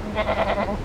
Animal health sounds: contact call of a hoofed animal; goat; low-frequency (closed-mouth) or high-frequency (open-mouth) call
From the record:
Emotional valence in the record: negative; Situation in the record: short social isolation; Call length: 0.85 s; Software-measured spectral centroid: 1560 Hz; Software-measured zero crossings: 1470 a second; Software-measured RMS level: -24 dBFS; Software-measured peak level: -9 dBFS

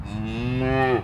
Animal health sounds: contact call of a hoofed animal; cattle; low-frequency (closed-mouth) or high-frequency (open-mouth) call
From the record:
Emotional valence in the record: negative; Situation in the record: full separation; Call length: 1.04 s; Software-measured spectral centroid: 1360 Hz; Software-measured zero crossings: 1280 a second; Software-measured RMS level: -24 dBFS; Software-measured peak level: -9 dBFS

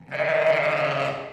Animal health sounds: contact call of a hoofed animal; sheep; low-frequency (closed-mouth) or high-frequency (open-mouth) call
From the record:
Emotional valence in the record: negative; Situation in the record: short social isolation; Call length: 1.34 s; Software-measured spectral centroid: 1760 Hz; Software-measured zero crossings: 2100 a second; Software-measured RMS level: -23 dBFS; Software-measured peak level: -10 dBFS

